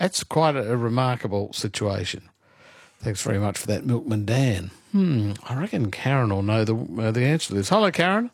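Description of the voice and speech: A man speaks fluently in a clear, moderately pitched voice with lively intonation, as in a radio host's patter. Voicing is smooth and steady, with one brief pause and a soft hum. This is a normal adult voice and fluent speech.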